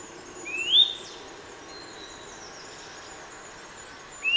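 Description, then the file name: Eurasian nuthatch giving a single loud rising whistle, then faint high thin notes, with a second rising whistle starting at the very end. "Sitta europaea"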